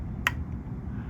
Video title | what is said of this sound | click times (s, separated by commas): How To Dismantle & Reassemble Dentec Half Mask Respirators | take it and pull it and you'll hear a snap | 0.3 s